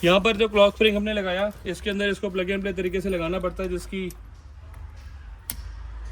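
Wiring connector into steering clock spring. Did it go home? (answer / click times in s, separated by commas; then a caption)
yes / 5.5 s. A plastic wiring connector is pushed into the new clock spring behind the steering wheel of a Brezza. Someone talks for the first four seconds, then a quiet rustle leads to a sharp click at 5.5 s as the connector locks into place, seated.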